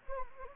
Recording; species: mosquito wingbeat signal from an infrared sensor; Anopheles gambiae